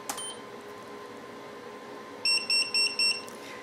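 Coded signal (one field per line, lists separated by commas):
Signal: pager alert tone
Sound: four quick high beeps in a row, like an alert chirp, in a quiet room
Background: quiet room hum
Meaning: Pager has received a page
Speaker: you should hear a short beep from the transmitter indicative of that it's transmitting the message and then you should see a tone come out of the pager once a pager uh receives that message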